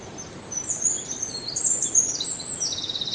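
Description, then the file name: Eurasian wren calling with rapid, very high, thin notes running almost continuously from about half a second to the end, over a steady low background hiss. "Troglodytes troglodytes"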